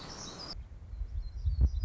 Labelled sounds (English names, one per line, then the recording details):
Black-throated Gray Warbler
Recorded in Sonoma County, California